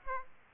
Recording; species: mosquito wingbeat signal from an infrared sensor; Aedes aegypti